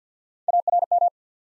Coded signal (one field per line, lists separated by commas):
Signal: Morse code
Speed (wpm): 50 wpm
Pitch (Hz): 700 Hz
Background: none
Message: A R M